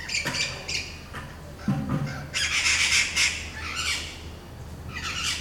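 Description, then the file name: Birds give harsh, raspy squawks in overlapping bursts, with a low grunting note near two seconds and a dense squawking chorus from about two and a half to four seconds, then another burst near five seconds. Birds at Palenque. "Pajaros Palenque"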